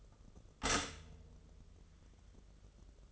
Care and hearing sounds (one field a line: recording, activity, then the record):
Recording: daily activity, microphone in the room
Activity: stop toaster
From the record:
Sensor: 4